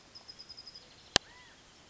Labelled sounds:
California Quail (Callipepla californica)
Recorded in Sonoma County, California

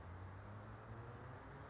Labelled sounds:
Brown Creeper (Certhia americana)
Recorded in Sonoma County, California

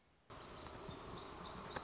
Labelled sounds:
Black-throated Gray Warbler (Setophaga nigrescens)
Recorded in Sonoma County, California

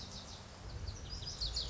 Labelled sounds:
Lazuli Bunting (Passerina amoena)
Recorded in Sonoma County, California

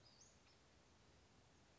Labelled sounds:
Western Flycatcher (Empidonax difficilis)
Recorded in Sonoma County, California

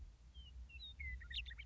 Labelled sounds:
Western Meadowlark (Sturnella neglecta)
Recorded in Sonoma County, California

